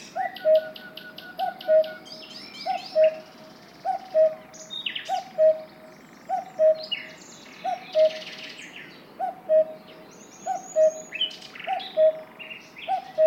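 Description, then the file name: Cuckoo calling a steady two-note cu-coo, the second note lower, repeated about every 1.3 seconds while other birds chirp and trill above. "minutes of cuckoos"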